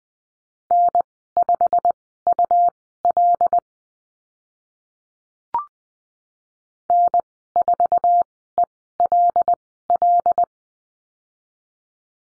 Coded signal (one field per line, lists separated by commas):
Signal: Morse code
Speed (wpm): 20 wpm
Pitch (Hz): 700 Hz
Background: none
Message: N5UL N4ELL